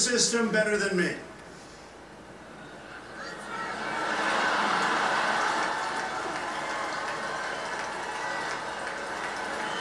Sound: crowd cheering